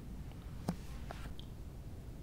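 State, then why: Seated. A laptop lined up by its corner is pressed down onto a Lenovo Series 3 docking station. A sharp click at 0.7 s, with fainter ticks after it at about 1.1 and 1.4 s, marks the laptop locking securely into place in the dock.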